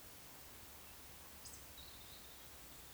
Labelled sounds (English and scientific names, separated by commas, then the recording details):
Eurasian Woodcock (Scolopax rusticola) whistle
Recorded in Baden-Württemberg, Germany, on 19 June 2020 at 19:35 UTC
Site 49006, 684 m above sea level